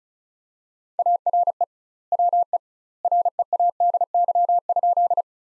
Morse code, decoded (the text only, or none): ARE WE READY?